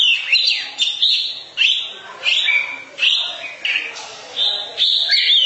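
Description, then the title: Oriental magpie-robin song of short whistled phrases and slurred notes repeated in rhythmic sequence. Long-duration song. "Kacer"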